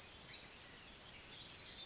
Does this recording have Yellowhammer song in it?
no